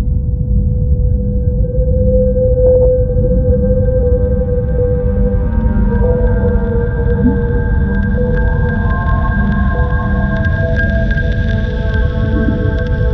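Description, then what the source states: Whale song: long steady tonal hums with stacked harmonics and short pulsed notes lower down, over a constant deep rumbling wash. Song of a mother whale.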